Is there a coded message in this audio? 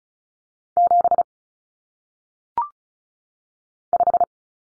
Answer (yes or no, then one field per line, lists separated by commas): yes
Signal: Morse code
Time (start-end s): 0.8-4.2 s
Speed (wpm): 36 wpm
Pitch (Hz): 700 Hz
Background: none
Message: 7 5